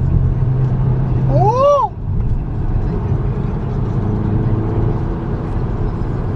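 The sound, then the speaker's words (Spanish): The 290-horsepower engine of a León Cupra sports car, switched from comfort mode to Cupra mode, rumbles low, then briefly revs up with a rising, whining pitch before settling back into a steady, loud drone as the car accelerates. “Entra la potencia de los 290 caballos de fuerza que tiene este motor.”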